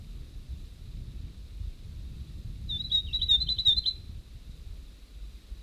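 North Island tomtit song: one short burst of rapid, high twittering notes lasting about a second, with a low rumbling background throughout.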